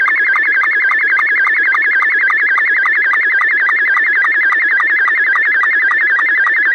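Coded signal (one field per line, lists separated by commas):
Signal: SSTV (slow-scan television)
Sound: continuous warbling, chirping tone with rapid regular ticks, like a fast rhythmic whine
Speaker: Slow Scan TV Net? This is Rick, KC8LOQ. Please call now.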